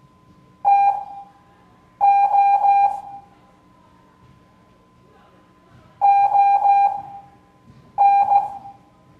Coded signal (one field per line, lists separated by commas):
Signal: Morse code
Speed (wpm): 15 wpm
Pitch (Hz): 800 Hz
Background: none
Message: TO ON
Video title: Morse Code Class 04